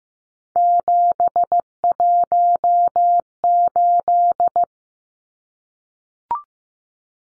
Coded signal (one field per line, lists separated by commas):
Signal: Morse code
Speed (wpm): 15 wpm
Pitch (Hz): 700 Hz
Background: none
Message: 718